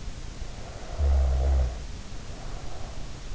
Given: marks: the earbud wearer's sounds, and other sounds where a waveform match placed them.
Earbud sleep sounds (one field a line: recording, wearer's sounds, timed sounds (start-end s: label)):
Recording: sounds in sleep by an in-ear microphone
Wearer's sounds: snoring breath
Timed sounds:
0.54-3.17 s: snoring breath